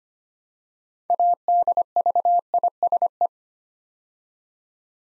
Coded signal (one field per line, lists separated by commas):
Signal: Morse code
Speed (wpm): 25 wpm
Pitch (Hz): 700 Hz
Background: none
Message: ADVISE